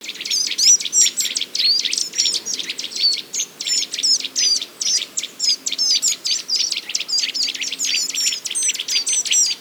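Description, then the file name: Eurasian nuthatch giving rapid, sharp high chipping notes in a dense, busy series. "Sitta europaea"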